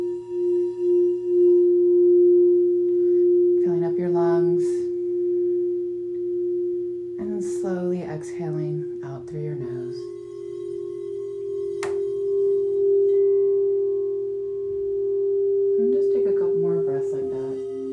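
Singing bowls ring in a steady, unbroken drone, a strong clear tone with a low hum beneath it that holds for the whole stretch. A voice speaks briefly around four, eight to ten, and sixteen seconds, and a single sharp tap lands near twelve seconds.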